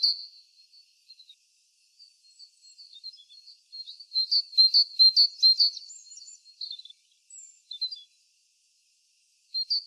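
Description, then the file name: Great tit calls: thin, high chirps and short twittering notes in quick runs, loudest in a dense burst midway, with a final short call at the end. "Parus major"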